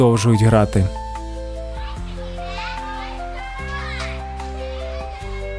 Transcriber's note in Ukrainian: ЗВУК: двір + дитячий сміх + мітла — мікс життя